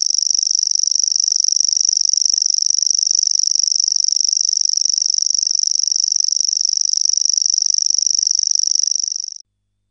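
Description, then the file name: Common grasshopper warbler song, a long unbroken high reel, steady for about nine seconds and then stopping abruptly. "PENSASSIRKKALINTU"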